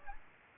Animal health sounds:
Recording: mosquito wingbeat signal from an infrared sensor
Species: Aedes aegypti

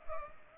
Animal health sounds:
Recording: mosquito wingbeat signal from an infrared sensor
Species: Culex pipiens

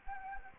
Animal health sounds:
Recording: mosquito wingbeat signal from an infrared sensor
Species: Anopheles gambiae

